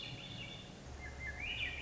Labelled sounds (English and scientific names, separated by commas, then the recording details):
Swainson's Thrush (Catharus ustulatus)
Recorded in Sonoma County, California